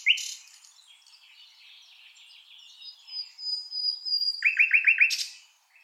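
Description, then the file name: Common nightingale song: a sharp note, then a long thin high whistle, ending in a quick burst of five loud repeated notes. "Luscinia megarhynchos"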